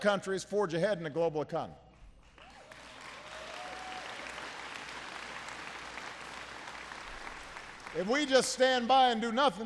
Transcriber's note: applause